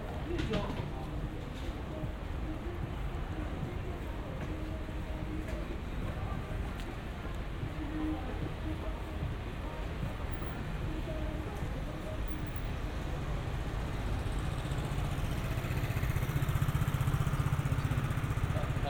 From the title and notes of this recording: Yokohama China town in Japan 横浜中華街 【3D AUDIO】. Let's take a walk together around Yokohama China town in Japan!